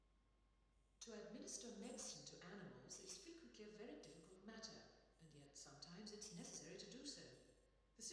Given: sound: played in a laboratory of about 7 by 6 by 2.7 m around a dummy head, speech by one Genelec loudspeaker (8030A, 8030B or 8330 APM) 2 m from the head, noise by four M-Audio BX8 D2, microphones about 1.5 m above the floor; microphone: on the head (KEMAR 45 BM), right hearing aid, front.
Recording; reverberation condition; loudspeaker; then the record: female speech in English; high; 30 degrees to the right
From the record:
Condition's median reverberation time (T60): about 1300 ms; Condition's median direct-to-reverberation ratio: about -4.0 dB